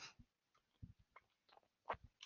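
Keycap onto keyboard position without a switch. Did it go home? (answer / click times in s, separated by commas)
no / none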